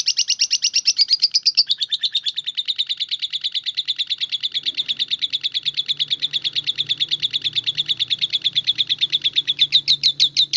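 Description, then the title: Oriental magpie-robin song, a fast unbroken stream of sharp high chirping notes, shifting in tone after a couple of seconds and continuing steadily throughout. "Kicau Kacer"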